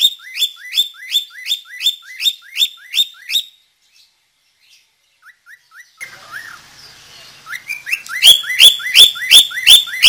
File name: suara burung parkit australia